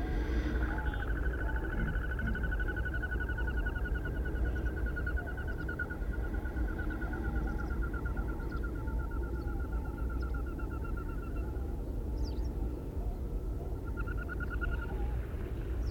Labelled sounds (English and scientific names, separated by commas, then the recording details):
Common Goldeneye (Bucephala clangula)
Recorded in the wild
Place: Schaabe, Insel Rügen, Mecklenburg-Vorpommern, DE
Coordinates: 54.57, 13.45
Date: 1970-04-08
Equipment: Nagra III BH, Sennheiser MD 21, parabola
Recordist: Schubert, Michael